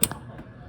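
A quick-connect fitting on a fuel line is pulled onto the outlet nipple of a GM fuel pump module going into a DeLorean. It gives one sharp, solid click at 0.0 s, followed by a softer tap and then quiet. The fitting is seated and sealed in place.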